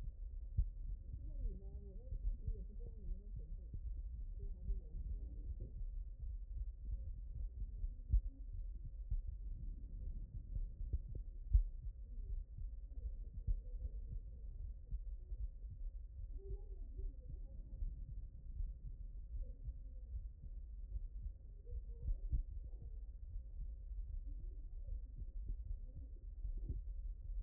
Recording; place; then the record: heart sounds by stethoscope; aortic valve (AV)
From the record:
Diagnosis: non-HFrEF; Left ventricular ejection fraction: 58%